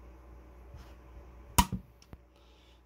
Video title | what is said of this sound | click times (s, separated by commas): Bergey Gridtek 10 Inverter Board Install | and then I'm just going to twist until I hear the click, | 1.6 s